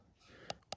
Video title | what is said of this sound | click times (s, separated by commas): Ніж Peltonen M95 — військовий звір із Фінляндії 🇫🇮 | упирається і потім продавлюємо. Коліщатко прокрутилось. О, і ніж дуже добре зафіксувався. | 0.5 s, 0.7 s